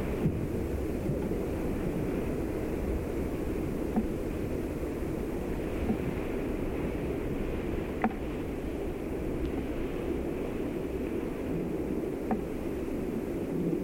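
A steady low rumble of wind over the dunes at Studland fills the clip, with faint brief clicks near 4, 8 and 12 seconds.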